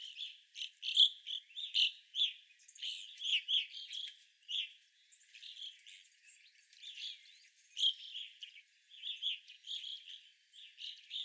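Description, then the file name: Evening grosbeak calls, many short chirped notes from a group, loud bursts scattered through a continuous chatter. Several evening grosbeaks, recorded 25 April 2021. "2021-04-25 Evening Grosbeaks"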